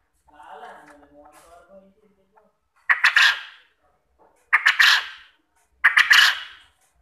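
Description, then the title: Quail: a softer warbling sound opens, then three loud harsh stuttered calls follow about one and a half seconds apart. Quail call used as a lure to make quail answer and call actively. "Burung Puyuh Mana Yang Tidak Nyaut Dan Gacor Dengan Pancingan Ini"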